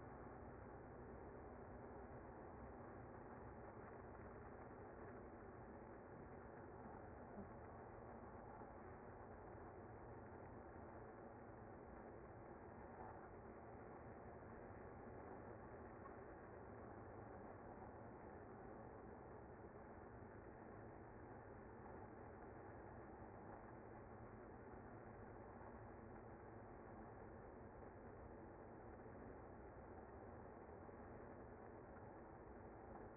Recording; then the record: honeybee colony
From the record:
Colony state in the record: active